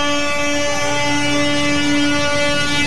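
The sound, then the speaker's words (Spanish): Car horns honk loudly and without pause as motorists on a toll highway sound their horns in support of a protest against a 20% rise in gasoline prices. Several blaring tones overlap into a steady, harsh chord that holds for the whole stretch, with no voices. “Los automovilistas respaldaron este tipo de acciones, haciendo sonar sus bocinas.”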